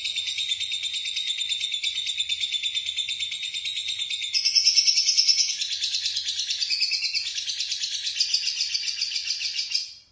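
Lovebird song: a long, dense, buzzy chattering trill, steady at first, then shifting into brighter, more varied rattling phrases in the second half.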